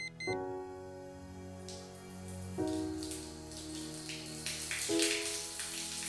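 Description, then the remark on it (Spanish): Shower water runs in a steady, hissing spray that grows fuller after the first couple of seconds, while three sustained musical tones ring out at even intervals underneath. “Una ducha.”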